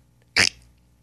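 A single short, explosive cough from an adult man, lasting about a sixth of a second and sounding mostly harsh and airy, from something stuck in his throat a few days after he had been sick. It stands alone against a quiet background, with no wheeze or repeated coughing fit.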